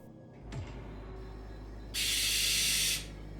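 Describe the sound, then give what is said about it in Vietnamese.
A barn owl outside gives a single harsh, hissing screech lasting about a second, loud and breathy, preceded by a brief faint squeal over a steady low rumble. “Đúng lúc đó từ bên ngoài đâu đó vang lên tiếng chim lợn kêu thành từng tràng dài dẳng”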